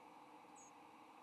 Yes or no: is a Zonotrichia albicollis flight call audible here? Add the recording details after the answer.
no. Another species' flight call is heard. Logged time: 08:06 on 15 November 2014